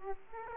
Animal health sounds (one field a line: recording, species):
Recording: mosquito wingbeat signal from an infrared sensor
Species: Aedes aegypti